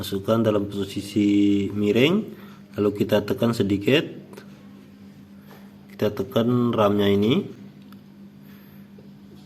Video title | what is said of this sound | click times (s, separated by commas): Upgrade Memory Penyimpanan Laptop - HDD Ke SSD Sata 3-1TB dan Upgrade RAM | udah terpasang ada bunyi klek sedikit | 7.9 s